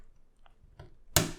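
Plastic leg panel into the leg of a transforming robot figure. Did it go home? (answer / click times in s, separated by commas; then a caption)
yes / 1.2 s. A plastic leg panel of a Mastermind Creations PS-17 Probus transforming robot figure is rotated back into its slot in the leg, with faint small ticks at about 0.5 and 0.8 seconds. A very hard, loud click at 1.2 seconds confirms the leg piece has seated in place.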